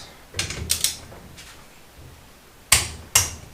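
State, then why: Torque reached. A click-type torque wrench tightens the third cylinder head bolt on a 1974 Honda MT250 motorcycle engine until it clicks. Softer ratcheting knocks come around 0.4–0.9 s, followed by a sharp, bright click at 2.7 s and another at 3.2 s, confirming the bolt has reached torque.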